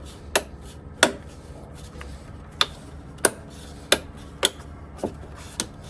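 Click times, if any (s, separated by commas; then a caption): 0.4 s, 1.0 s, 2.6 s, 3.2 s, 3.9 s, 4.4 s. A plastic trim cover over the tail light screws on a 2022-2025 Honda Civic is pushed into the rear body panel, its clips snapping in with sharp clicks at 0.4, 1.0, 2.6, 3.3, 3.9 and 4.5 seconds, plus two softer clicks near 5.0 and 5.6 seconds. The cover is pushed a few more times to check it is installed properly, and it is seated.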